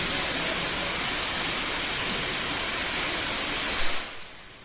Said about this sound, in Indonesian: Kita menunggu hujan selesai atau bagaimana?